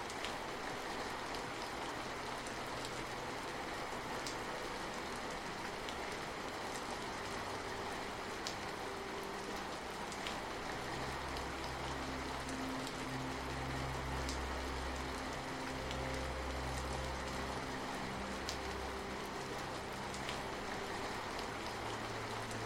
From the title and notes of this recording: Gentle Night Rain Sounds & Beautiful Relaxing Music. The rhythmic pitter-patter of the raindrops. The soothing melodies and harmonies weave seamlessly with the rain sounds, creating an atmosphere that is both calming and rejuvenating.